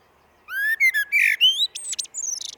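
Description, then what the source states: Common blackbird song phrase: rich, rising fluted whistles followed by a run of thin, high-pitched squeaky twitters. Recorded in a glen.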